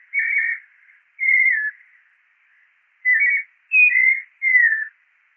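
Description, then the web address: White-necked thrush singing short whistled phrases that slur downward, delivered as two spaced single phrases and then a closer group of three, against a silent background. "Turdus albicollis - Zorzal de cuello blanco"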